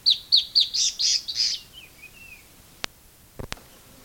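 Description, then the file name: Bird producing a run of six bright high chirps followed by a thin descending twitter, then a few sharp clicks. "SABIOD 50 bird 2015"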